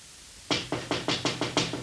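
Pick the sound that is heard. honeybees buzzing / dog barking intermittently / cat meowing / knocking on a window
knocking on a window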